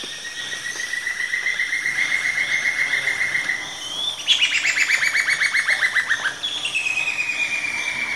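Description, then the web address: Black-banded woodcreeper song: a long, rapid, even trill that drifts slightly upward, then a louder series of notes sliding downward. Eastern lowlands of South America. "Natures Songs S America Eastern Lowlands. Black-banded Woodcreeper"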